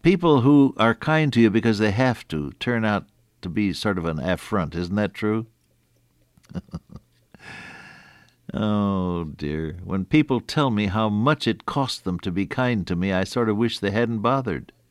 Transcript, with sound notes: People who are kind to you because they have to turn out to be sort of an affront, isn’t that true? [chuckle] Oh, dear. When people tell me how much it cost them to be kind to me, I sort of wish they hadn’t bothered.